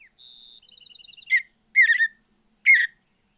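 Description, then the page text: Mountain bluebird song: three rich, burry warbled notes, preceded by a thin, high, steady whistle breaking into a rapid series of faint ticking notes. "Andrew Spencer - Голубая сиалия (Sialia currucoides)"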